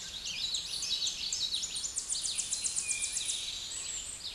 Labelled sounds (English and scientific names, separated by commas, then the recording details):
Tennessee Warbler (Leiothlypis peregrina) song
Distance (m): 30 m
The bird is about 10 m above the microphone
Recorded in a Pennsylvania forest on 16 May 2024 at 09:21
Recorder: AudioMoth, point MSD-1411
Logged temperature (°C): 16.1 °C
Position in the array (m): 9 m, 194 m